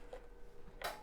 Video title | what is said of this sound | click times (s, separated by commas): Flash Gordon War Rocket Ajax Build: Part 9 | this just pop into place like that | 0.8 s